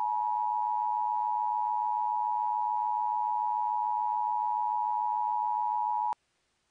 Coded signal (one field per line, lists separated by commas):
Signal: Emergency Alert System (SAME) tones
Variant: 853 and 960 Hz attention tone